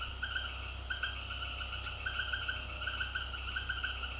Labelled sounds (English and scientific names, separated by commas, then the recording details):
none
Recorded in dense forest near Puerto Asís, Putumayo, Colombia, on 21 February 2024 at 18:30
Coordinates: 0.485, -76.322
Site G6406